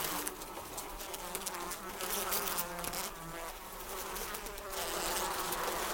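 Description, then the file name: Fly: flies buzzing, a dense, continuous hum of many insects with a shifting drone and a steady hiss throughout. "lots of flies"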